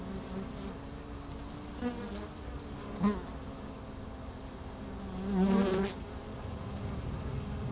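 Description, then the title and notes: Honey bees buzzing softly in a low drone, with a few brief taps and one louder buzz swelling in the second half. Hive entrance in the bee pavilion of a botanical garden in Meise, Belgium; microphones placed at the hive entrance. "Meise, Belgique - Abeilles - Bees. Pavillon des abeilles, micros placés à l'entrée de la ruche. Meise, botanical garden. Pavilion bees, microphones placed at the entrance of the hive"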